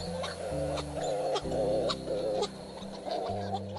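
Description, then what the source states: Hawaiian petrel calls, several wavering, nasal, moaning notes over a steady background of held musical tones. Endangered Hawaiian seabird, local name 'ua'u, which mimics its call; fewer than 18,000 remain.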